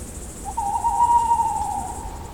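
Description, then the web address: Tawny owl giving a drawn-out hoot, a steady mid-pitched tone, over faint background hiss. "Odra Sound Pack puszczyk"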